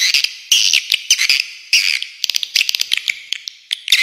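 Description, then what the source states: Swiftlet twittering in fast bursts of high chirps and dry clicks, broken by short pauses. Clean, clear calls.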